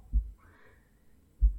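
Two dull low thumps about 1.3 seconds apart: a slow, ordinary heartbeat heard close to the chest.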